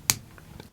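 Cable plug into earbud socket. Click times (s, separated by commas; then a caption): 0.1 s. The right detachable cable plug of a Smabat ST-10S wired earbud is pushed into the earbud housing and snaps into place with a sharp little click at 0.1 s. Two much fainter ticks follow at about 0.4 s and 0.6 s. The plug is seated.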